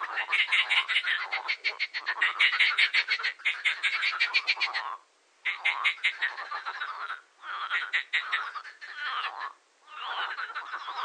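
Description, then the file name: Marsh frog giving dense, rattling pulsed croaks in long runs, broken by a few short silent gaps. "grenouille rieuse"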